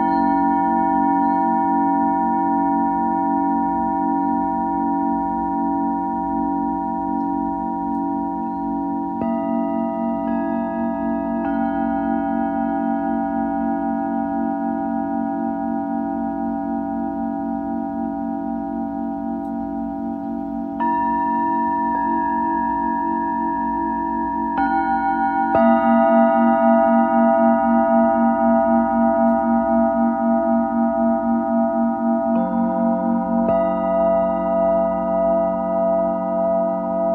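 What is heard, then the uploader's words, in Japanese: Singing bowls ring in long, sustained tones that hum and waver steadily throughout. Fresh strikes add new overlapping pitches around 9, 11, 21, 25 and 33 seconds, thickening the layered drone, which grows slightly louder after about 25 seconds. お目覚め シンギングボウルサウンドヒーリング。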